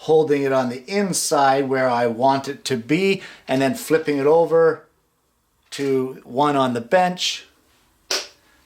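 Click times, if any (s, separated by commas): 8.1 s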